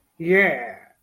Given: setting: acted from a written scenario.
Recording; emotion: vocal sound without words; triumph